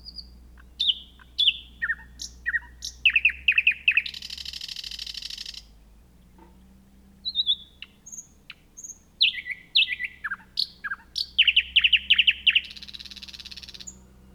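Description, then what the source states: Thrush nightingale song with rapid repeated chock notes building into a long, harsh rattle, a pause, then high whistled slurs and more fast notes ending in another buzzy rattle. Recorded 3 June 2016.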